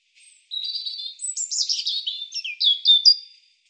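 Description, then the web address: European robin song: a high, thin phrase of wavering whistles and quick tinkling notes sliding up and down, ending with two bright, sharp high notes; otherwise quiet. "cianscape birddata Deverinetal Bird Er Ru"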